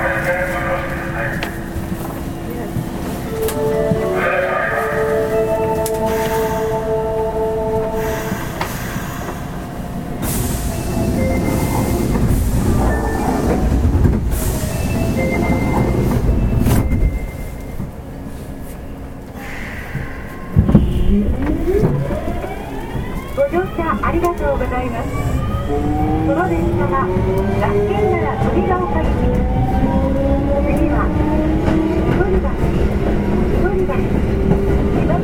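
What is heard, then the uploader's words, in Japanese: A Kintetsu 7000 series train running, with a constant low rumble throughout and steady whining tones in the first half. Around twenty seconds there is a brief dip and a clunk, then the motor whine sweeps upward in rising layered tones as the train accelerates. 近鉄7000系 地下鉄中央線 本町から長田まで。It is a running sound of a Kintetsu 7000 series train.I recorded on the Osaka city subway Chuo Line of a direct drive destination.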